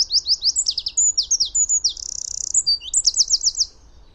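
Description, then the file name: Eurasian wren song: a loud, very high, rapid string of sharp notes with a fast buzzy trill in the middle, then more quick repeated notes, over a low rumble. "Troglodytes troglodytes"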